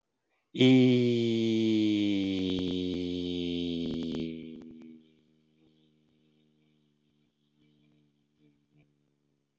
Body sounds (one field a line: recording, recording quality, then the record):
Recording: sustained vowel as in beet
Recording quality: excellent, no background noise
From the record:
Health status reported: healthy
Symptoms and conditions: diabetes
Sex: male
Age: 50 years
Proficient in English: yes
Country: United States